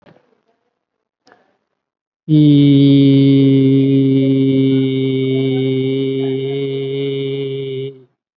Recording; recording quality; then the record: sustained vowel as in beet; excellent, no background noise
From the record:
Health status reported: COVID-19 positive, mild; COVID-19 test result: positive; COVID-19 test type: RT-PCR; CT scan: taken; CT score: 5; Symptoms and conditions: cough, breathing difficulty, fever, another respiratory illness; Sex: male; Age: 56 years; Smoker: no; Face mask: not worn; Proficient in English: no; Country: India